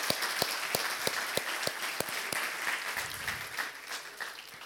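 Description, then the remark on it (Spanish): An audience applauds steadily, a dense wash of many hands clapping with a few sharper individual claps standing out in a loose rhythm, fairly even in loudness throughout. “Le damos gracias a Dios y yo quiero que le demos un aplauso a este Dios todopoderoso que va a obrar en cada uno de nosotros.”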